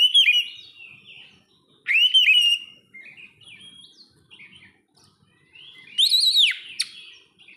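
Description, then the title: Oriental magpie-robin song with three loud arched whistles spaced throughout, soft varied twitters between them and a brief click. "kacer"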